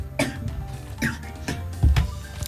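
An adult has a brief coughing fit.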